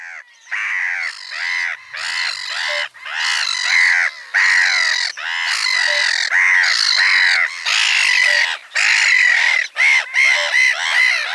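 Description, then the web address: Black-headed Gull calls, a run of harsh, grating squawks given in quick bursts roughly once a second. "Schulze Peter Black-headed Gull"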